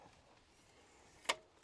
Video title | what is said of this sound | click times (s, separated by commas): Motorhome Tour: XPLORE CV X8 - This Camper Has EVERYTHING You Need for an Adventure! | Just locks into place. | 1.3 s